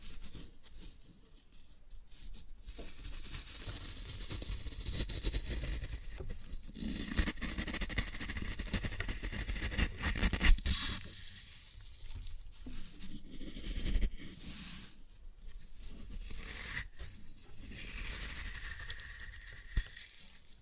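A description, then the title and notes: Floral foam being crushed, with a continuous dry crunching and crinkling that swells and eases over the twenty seconds. The texture is dense and gritty, with brief brighter crackles and a sharp snap near the ten-second mark, over a low rumbling undertone. Floral Foam Glitter Bomb Crushing.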